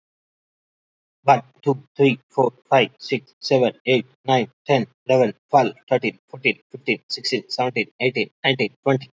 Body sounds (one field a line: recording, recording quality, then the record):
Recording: counting at a fast pace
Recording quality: excellent, no background noise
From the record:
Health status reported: healthy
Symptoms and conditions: hypertension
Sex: male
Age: 34 years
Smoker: not ticked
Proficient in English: yes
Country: India